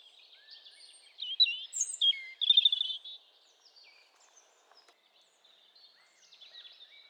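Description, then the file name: European robin giving a burst of high, varied twittering and trilled notes early on, followed by faint scattered chirps. "Erithacus rubecula"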